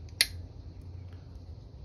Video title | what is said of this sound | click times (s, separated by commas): Kimber K6s Sight Replacement, Front & Rear, Full Tutorial | locked into place make sure we're flush on the front there | 0.2 s